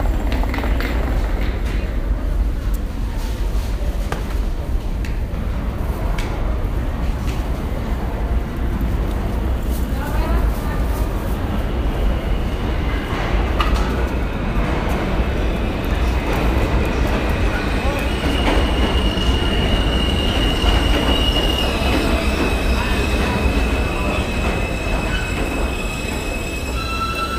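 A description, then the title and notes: A subway train rumbles steadily through a Times Square station, its deep roar filling the whole clip at a constant level. Sharp metallic clicks and rattles come and go, and from about 18 seconds a thin, high whine from the wheels or brakes rises above it. Times Square Subway.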